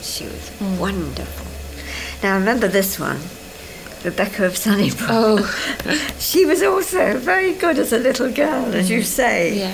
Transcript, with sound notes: She was wonderful.
Mhm.
Now I remember this one. 'Rebecca of Sunnybrook' [laughs]
Aw.
She was also very good as a little girl, as you say.